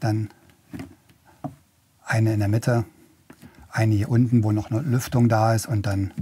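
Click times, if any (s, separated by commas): 0.5 s, 0.8 s, 1.1 s, 1.4 s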